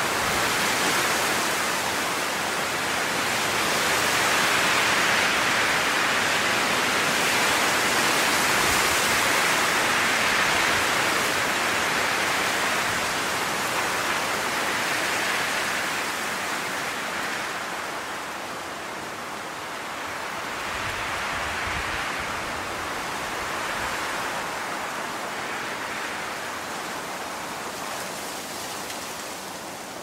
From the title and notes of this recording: Dancing Forest in The Blowing Wind, Nature Sounds. The sound of the wind.